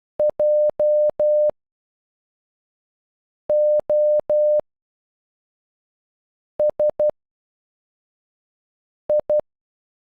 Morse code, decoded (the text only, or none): J O S I